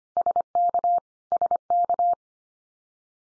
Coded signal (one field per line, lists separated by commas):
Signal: Morse code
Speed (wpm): 25 wpm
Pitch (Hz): 700 Hz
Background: none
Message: SK SK